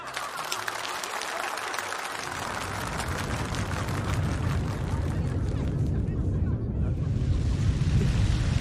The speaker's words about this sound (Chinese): 不好，下暴雨 是。 哎，老头，你看，广场上的气灯也被大风刮灭了，黑成了一片啊！哎，这老天怎么会和我们过不去呢？